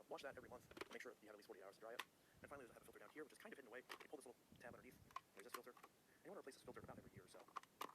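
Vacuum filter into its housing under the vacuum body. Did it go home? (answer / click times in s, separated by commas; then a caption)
no / none. Someone talks while handling the lower filter of a Shark Rotator Lift-Away ADV upright vacuum, pulling a small tab underneath to reach the filter and moving it toward its plastic housing under the vacuum body. A brief sharp transient comes near 7.9 s, but the filter has not snapped back into place yet.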